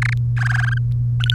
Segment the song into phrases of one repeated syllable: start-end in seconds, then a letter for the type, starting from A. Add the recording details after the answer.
0.00-0.13 A, 0.37-0.78 B, 1.20-1.30 C. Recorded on 3 May 2018 at 10:37. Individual llb3